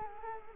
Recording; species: mosquito wingbeat signal from an infrared sensor; Culex quinquefasciatus